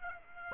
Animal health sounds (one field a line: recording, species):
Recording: mosquito wingbeat signal from an infrared sensor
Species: Aedes aegypti